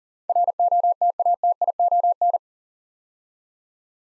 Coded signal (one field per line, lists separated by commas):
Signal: Morse code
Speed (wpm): 37 wpm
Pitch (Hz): 700 Hz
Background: none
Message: ROTATION